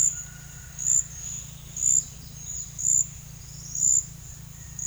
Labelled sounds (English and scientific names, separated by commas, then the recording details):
none
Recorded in secondary vegetation near Puerto Asís, Putumayo, Colombia, on 23 June 2025 at 10:00
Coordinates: 0.498, -76.327
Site GP09